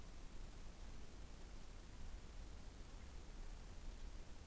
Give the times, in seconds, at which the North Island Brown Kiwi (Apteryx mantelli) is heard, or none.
none